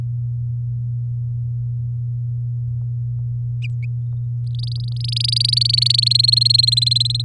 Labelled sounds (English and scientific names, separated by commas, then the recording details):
Domestic Canary (Serinus canaria) song
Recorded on 7 May 2018 at 07:34
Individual llb16